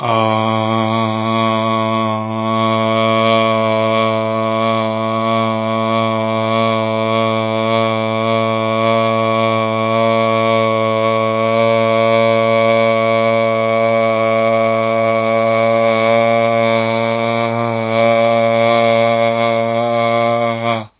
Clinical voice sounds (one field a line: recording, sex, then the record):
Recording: sustained vowel /a/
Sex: male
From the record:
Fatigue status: no fatigue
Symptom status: asymptomatic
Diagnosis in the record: COVID-19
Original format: 3gp